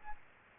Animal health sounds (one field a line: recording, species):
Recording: mosquito wingbeat signal from an infrared sensor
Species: Aedes aegypti